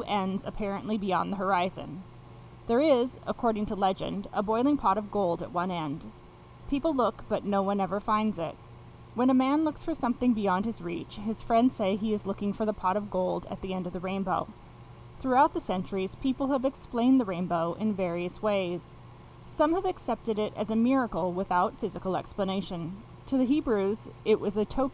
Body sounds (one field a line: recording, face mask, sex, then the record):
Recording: reading aloud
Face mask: none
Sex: female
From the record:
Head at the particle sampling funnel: facing it